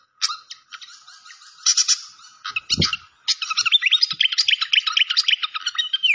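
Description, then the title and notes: Malaysian pied fantail song: scattered chirps and short trills, a single low thump, then a lively stream of rapid rising and falling notes. Clear-voiced song used for training cage birds, mixed with the sound of flowing water. "Masteran Sikatan Kipas Suara Jernih Dan Suara Gemericik Air. Suara Burung Sikatan Londo"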